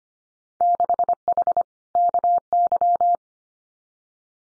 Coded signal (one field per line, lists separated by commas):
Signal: Morse code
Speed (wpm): 25 wpm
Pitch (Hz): 700 Hz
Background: none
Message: 6H KY